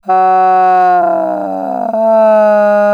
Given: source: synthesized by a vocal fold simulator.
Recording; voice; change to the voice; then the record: sustained vowel; female; asymmetry, level 27 of 51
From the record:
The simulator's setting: 3.60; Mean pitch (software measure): 185 Hz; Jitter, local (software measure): 0.89%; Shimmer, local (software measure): 2.8%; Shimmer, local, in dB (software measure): 0.35 dB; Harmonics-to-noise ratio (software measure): 24.8 dB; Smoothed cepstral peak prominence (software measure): 15.6 dB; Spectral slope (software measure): -23.7 dB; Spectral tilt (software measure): -12.5 dB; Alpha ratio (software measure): -14.2 dB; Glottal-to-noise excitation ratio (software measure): 0.947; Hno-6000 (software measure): 2.7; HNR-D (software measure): 30.7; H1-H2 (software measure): -2.6 dB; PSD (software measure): 1.9e-03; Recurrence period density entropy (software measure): 0.116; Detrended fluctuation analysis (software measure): 0.0251